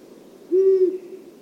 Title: Long-eared Owl